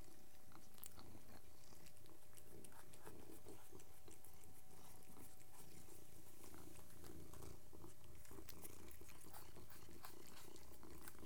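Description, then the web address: Cat purr, continuous low throbbing hum with scattered sharp clicks and faint munching noises. Three domestic cats purring while eating. "The BBC Sound Effects Library. 3 cats eating and purring"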